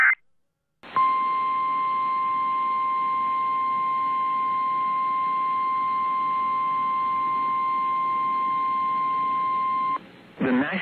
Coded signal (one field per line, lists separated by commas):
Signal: Emergency Alert System (SAME) tones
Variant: 1050 Hz attention tone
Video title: THE BIG EASY AIN'T SO EASY HERE... | EAS Alerts from 12/14/2022 (EAS #1580-1623)